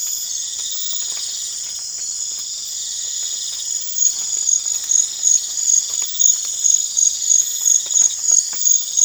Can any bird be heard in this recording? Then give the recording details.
no. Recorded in pastures near Puerto Asís, Putumayo, Colombia, on 25 June 2025 at 02:00. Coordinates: 0.502, -76.324. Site G010